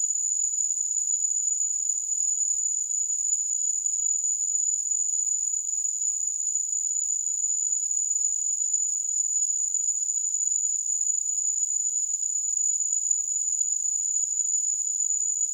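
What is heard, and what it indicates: Steady, continuous high-pitched ringing tone with a soft hiss, unchanged throughout: a simulated tinnitus sound.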